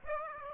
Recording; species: mosquito wingbeat signal from an infrared sensor; Aedes aegypti